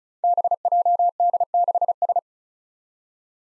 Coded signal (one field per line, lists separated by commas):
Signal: Morse code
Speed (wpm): 36 wpm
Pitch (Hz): 700 Hz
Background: none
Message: BJD6S